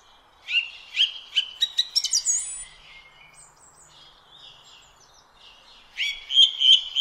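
Song thrush song with a series of clear repeated notes followed by higher squeaky phrases, a quieter stretch, then a new phrase repeated several times.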